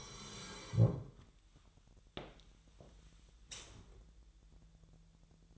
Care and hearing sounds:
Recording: daily activity, microphone in the room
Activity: sit down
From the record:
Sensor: 3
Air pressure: 1001.9 hPa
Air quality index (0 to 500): 247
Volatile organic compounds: 126 ppm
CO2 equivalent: 3906 ppm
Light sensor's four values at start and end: 9/22/9/9 and 9/20/8/9

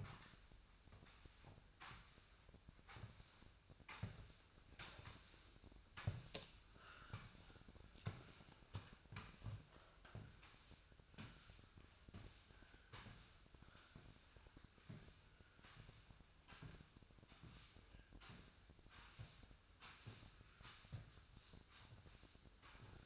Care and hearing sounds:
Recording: daily activity, microphone in the room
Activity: sweep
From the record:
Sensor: 2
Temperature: 24.9 degrees Celsius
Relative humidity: 39.7%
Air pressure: 1001.5 hPa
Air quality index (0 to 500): 227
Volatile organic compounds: 26 ppm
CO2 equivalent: 2852 ppm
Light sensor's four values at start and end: 8/26/10/9 and 8/26/10/9

